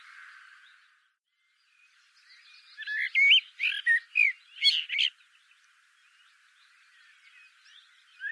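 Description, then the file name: Eurasian blackbird song: one phrase of whistled notes and squeaky twitters, with faint sounds before and after. "Turdus merula"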